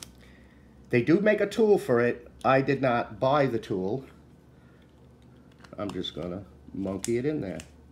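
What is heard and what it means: The rear cable nut of a plastic Neutrik powerCON TRUE1 power connector housing is being screwed on by hand with pliers. Someone talks, with faint handling ticks around 5.2 to 5.7 seconds. Nothing has seated or clicked into place yet.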